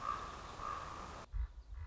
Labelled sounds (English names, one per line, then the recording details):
Common Raven
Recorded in Sonoma County, California